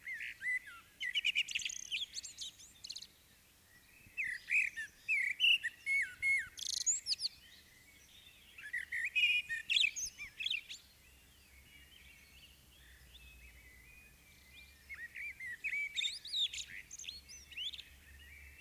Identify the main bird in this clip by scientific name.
Turdus merula